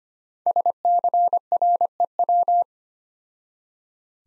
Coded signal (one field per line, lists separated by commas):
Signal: Morse code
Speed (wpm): 25 wpm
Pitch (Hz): 700 Hz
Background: none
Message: SCREW